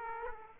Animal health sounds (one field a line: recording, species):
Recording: mosquito wingbeat signal from an infrared sensor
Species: Aedes aegypti